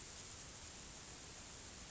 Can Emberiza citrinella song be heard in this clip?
no